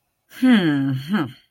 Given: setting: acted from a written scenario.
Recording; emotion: vocal sound without words; confusion